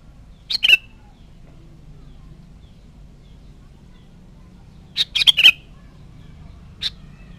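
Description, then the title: Sooty-headed bulbul calling with a brief chirp early, then a quick cluster of bright notes and one more after a pause, over a quiet low hum. "Kutilang"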